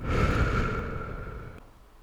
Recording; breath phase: one breath near a microphone; exhalation